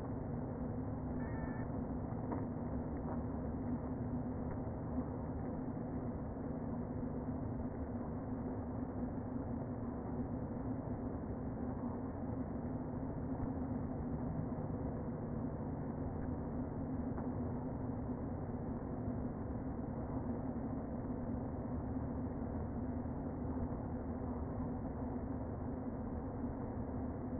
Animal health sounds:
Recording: honeybee colony, microphone inside the hive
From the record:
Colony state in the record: queen present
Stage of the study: before two queens were removed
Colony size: about 60,000 bees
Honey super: yes

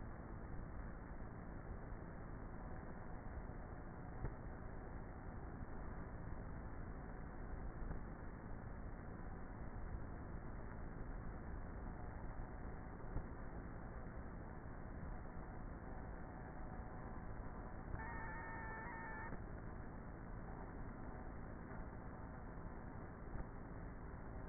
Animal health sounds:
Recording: honeybee colony, microphone inside the hive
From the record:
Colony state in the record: queenless with a low population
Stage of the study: before two queens were removed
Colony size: about 30,000 bees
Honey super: no

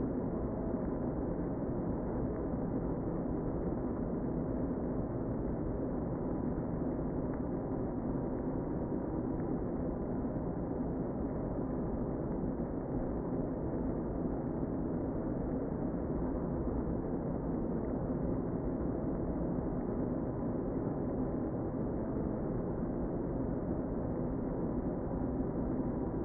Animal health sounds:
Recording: honeybee colony, microphone inside the hive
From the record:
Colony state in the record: queen present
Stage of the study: before two queens were removed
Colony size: about 60,000 bees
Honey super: yes

